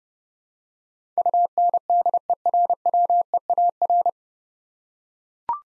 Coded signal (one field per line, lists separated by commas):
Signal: Morse code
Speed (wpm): 30 wpm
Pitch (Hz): 700 Hz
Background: none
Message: UNDERWEAR